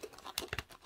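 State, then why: Seated. The keyed plug of the detachable boom microphone for EKSA E900DL wired headphones (3.5mm jack, USB and mic) is pushed into the mic jack on the headphone earcup; the plug only fits one way. A sharp click at 0.4 s is followed by two more brief sharp sounds around 0.5 and 0.6 s amid light handling noise. The plug is seated in the jack.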